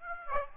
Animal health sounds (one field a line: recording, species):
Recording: mosquito wingbeat signal from an infrared sensor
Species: Aedes aegypti